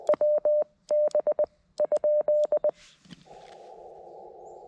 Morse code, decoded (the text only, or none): WB?